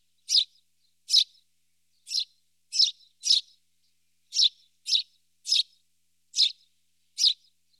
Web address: IVN Zangvogels -Ringmus